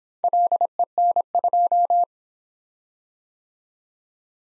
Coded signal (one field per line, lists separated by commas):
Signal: Morse code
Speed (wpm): 26 wpm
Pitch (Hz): 700 Hz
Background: none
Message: LEN2